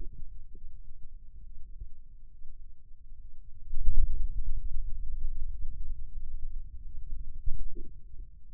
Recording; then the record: forearm muscle sounds (acoustic myography)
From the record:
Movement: ulnar deviation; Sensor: system 2, bracelet of six BSWA MPA416 microphones around the upper forearm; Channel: 5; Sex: male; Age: 22 years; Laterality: right